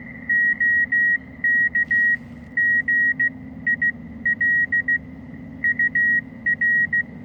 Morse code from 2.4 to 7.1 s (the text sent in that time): GIL UR